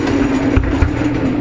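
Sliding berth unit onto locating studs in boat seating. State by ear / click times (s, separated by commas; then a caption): not seated / none. A sliding bed/seat unit in a boat saloon is pushed back along its runners, producing a steady low rumbling and sliding sound with brief thumps near 0.6 and 0.8 seconds. It has not yet locked onto its locating studs; nothing has seated or clicked yet.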